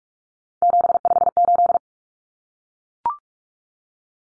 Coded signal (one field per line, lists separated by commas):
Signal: Morse code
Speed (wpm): 44 wpm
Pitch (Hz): 700 Hz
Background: none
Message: 758